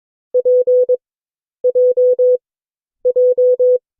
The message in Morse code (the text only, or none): P J J